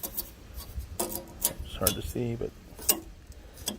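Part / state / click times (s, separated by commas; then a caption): metal LED channel track into plastic mounting clip / seated / 3.7 s. A metal LED channel track is pushed onto a plastic mounting clip while someone talks. It snaps in with a short, sharp click at 3.7 s and stays held in place.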